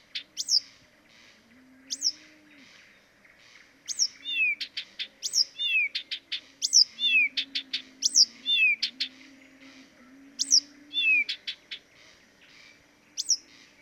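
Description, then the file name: Blyth's reed warbler song of high downslurred whistles and clicking notes, phrases repeated again and again, over a soft low cooing sound in the background. Dviete. "dviete acrocephalus dumetorum"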